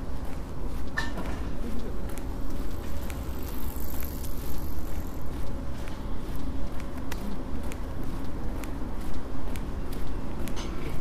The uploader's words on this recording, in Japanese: 歩いている音。Walking.